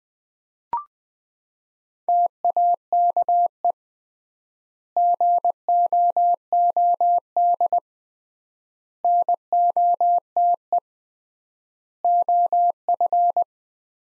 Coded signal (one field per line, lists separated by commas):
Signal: Morse code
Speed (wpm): 21 wpm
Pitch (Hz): 700 Hz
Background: none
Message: TAKE GOOD NOTE OF